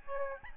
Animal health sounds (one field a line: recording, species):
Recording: mosquito wingbeat signal from an infrared sensor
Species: Aedes albopictus